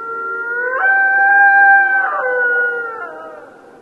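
Mexican wolf howl, a clear sustained tone that jumps upward, holds, then steps down in pitch before fading.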